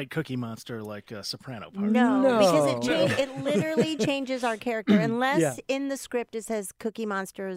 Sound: laughs

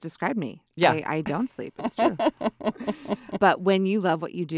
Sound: laughing

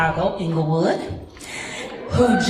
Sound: crowd whoops

